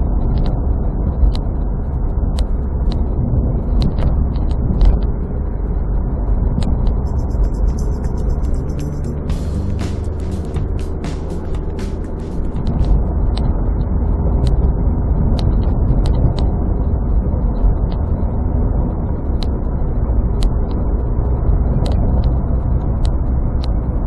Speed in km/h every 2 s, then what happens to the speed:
50, 50, 51, 51, 54, 57, 58, 59, 58, 60, 60, 63.
0-24 speeds up to 63.